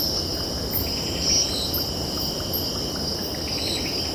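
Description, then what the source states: Steady cicada drone with a throbbing high pulse and a broad low rumble of surf filling the background. Cicadas stridulating with distant ocean in background.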